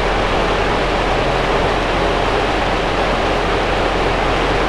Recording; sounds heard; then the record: poultry house recording; no chicken sound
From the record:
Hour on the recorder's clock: 12